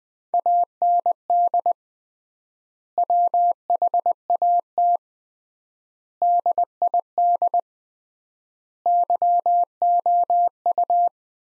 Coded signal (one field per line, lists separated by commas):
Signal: Morse code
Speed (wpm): 21 wpm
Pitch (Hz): 700 Hz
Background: none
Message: AND WHAT DID YOU